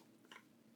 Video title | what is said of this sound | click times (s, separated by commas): New to AR-15s? Here’s What I Wish I Knew BEFORE I Started | Push it until it clicks. | 0.3 s